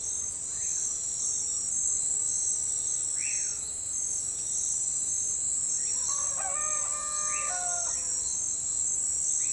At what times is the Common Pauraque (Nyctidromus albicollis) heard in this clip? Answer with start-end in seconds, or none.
3.15-3.56